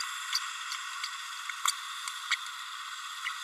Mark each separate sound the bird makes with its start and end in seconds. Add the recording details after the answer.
0.32-0.38, 2.31-2.36. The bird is a female. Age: 30 days. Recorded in a nest box in Venezuela. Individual 17B32A7